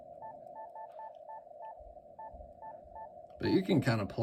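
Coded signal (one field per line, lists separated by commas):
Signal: none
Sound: radio menu beeps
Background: speech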